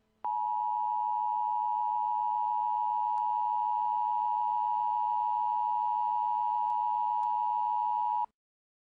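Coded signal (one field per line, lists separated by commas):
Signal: Emergency Alert System (SAME) tones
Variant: 853 and 960 Hz attention tone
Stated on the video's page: Simulated EAS scenario, not a real alert.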